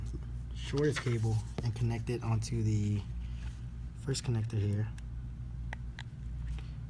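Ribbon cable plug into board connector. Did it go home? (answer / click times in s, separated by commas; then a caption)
yes / 5.7 s. A short ribbon cable plug is pushed onto the first connector on a board while someone talks. A sharp little snap at 5.7 s shows the connector has seated, followed by a couple of fainter ticks.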